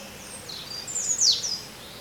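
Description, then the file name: European robin giving one brief, high, thin warbled phrase that rises and falls sharply. "Erithacus rubecula"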